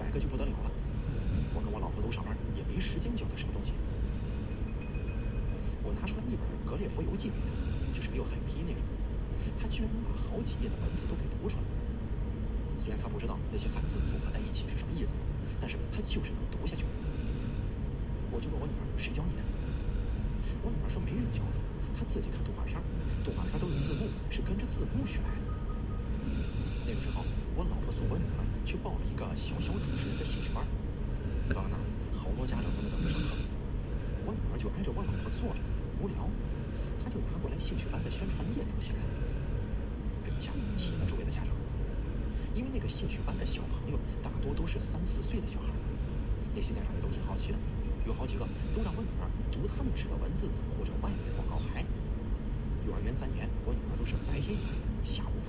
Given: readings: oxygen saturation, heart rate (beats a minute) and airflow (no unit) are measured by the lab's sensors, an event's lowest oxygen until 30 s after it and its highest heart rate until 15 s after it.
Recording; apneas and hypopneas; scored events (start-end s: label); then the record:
breathing in sleep by a smartphone at the bedside; 1
5.00-34.50 s: hypopnea (N2, oxygen 95% highest, then 93% lowest)
23.00-53.00 s: new sleep stage, N1 (lightest sleep)
53.00-55.49 s: new sleep stage, N2 (light sleep)
From the record:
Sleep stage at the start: N2 (light sleep); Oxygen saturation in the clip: 93 to 95%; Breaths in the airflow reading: 19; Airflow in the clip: -1.9 to 2.7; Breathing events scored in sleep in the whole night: 335 in 6.7 hours asleep